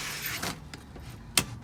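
A cab window blind in a motorhome is pushed along the cab window frame until its catch clicks into place. A soft rubbing slide leads to one sharp, loud click at 1.4 s, and the blind is seated.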